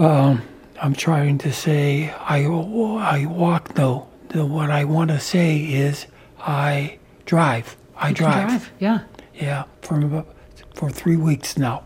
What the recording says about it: Aphasia does not affect intelligence. General Hayden can think as well as he ever did. He just can't say what he thinks. He attends an aphasia support group over Zoom on Saturday mornings. He's fighting, and he's getting better.